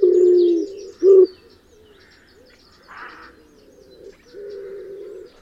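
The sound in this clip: Common wood pigeon giving a loud deep coo and a short second coo, then quieter cooing later.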